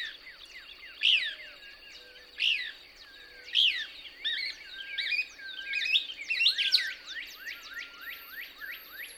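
Couch's Kingbird song: three loud separate chirps leading into quicker overlapping twitters, with faint low whistles and a steady high tone in the background.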